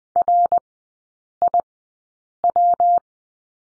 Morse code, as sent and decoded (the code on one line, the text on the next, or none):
.-. .. .--
RIW